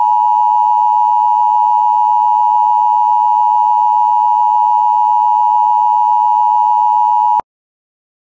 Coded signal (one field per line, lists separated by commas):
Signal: Emergency Alert System (SAME) tones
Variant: 853 and 960 Hz attention tone